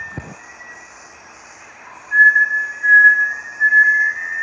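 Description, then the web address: Bartlett's tinamou: a low thump, then, after a pause, a run of clear, drawn-out whistles at steady pitch. "دانلود-صدای-پرنده-وشم-بارتلت"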